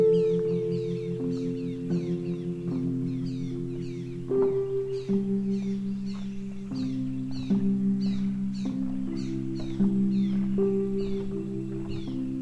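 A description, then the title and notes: Wetland sounds at Corkscrew Swamp: dense, rapid bird chirps repeat throughout the twelve seconds, bright and overlapping. Beneath them runs a steady low hum of sustained tones that step to new pitches every second or two, ringing like a singing bowl. The Corkscrew Swamp Sanctuary boardwalk leads visitors through a gentle and pristine wetland wilderness.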